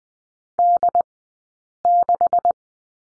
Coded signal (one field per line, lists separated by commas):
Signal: Morse code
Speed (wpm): 20 wpm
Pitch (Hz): 700 Hz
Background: none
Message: D6